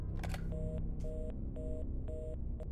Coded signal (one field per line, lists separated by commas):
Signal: telephone call progress tone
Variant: North America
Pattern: reorder tone